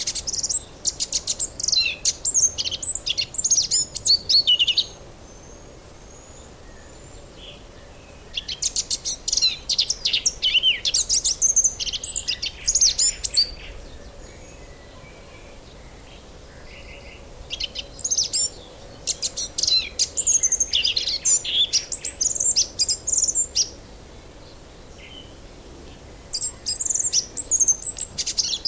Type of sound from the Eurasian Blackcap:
song